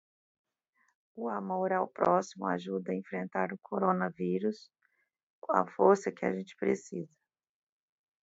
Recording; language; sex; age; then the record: spoken sentence; Brazilian Portuguese; female; 40 to 49 years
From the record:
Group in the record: control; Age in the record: 40 years